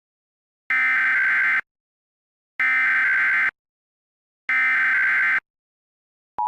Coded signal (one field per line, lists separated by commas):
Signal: Emergency Alert System (SAME) tones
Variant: header bursts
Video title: EAS Bulletins Nick Jr (May 17 2016)